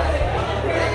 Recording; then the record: background sound without coughing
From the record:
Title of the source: CITY SOUNDS Busy Bar in the Evening Night - 2 HOURS of Ambiance for Relaxation